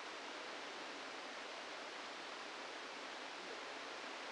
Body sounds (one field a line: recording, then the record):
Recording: brain microelectrode recording played as sound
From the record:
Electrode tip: inside the subthalamic nucleus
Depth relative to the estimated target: 0 mm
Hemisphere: right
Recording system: NeuroSet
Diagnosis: Parkinson's disease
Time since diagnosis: 8 years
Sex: male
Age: 65 years